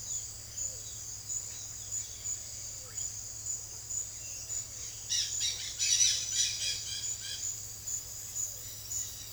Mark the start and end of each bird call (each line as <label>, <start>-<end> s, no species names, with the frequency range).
bird call (0.8-10.1 kHz), 5.03-7.49 s